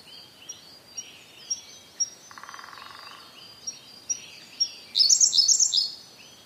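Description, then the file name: Siberian blue robin: spaced thin introductory ticks, then an explosive quick trill near the end; a short buzzy hum sounds faintly in between. "koruri"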